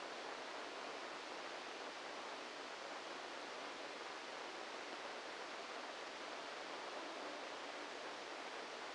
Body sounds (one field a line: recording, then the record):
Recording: brain microelectrode recording played as sound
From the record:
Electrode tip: inside the subthalamic nucleus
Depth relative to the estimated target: -2 mm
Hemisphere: left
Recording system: NeuroSet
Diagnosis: Parkinson's disease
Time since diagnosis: 14 years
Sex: male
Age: 51 years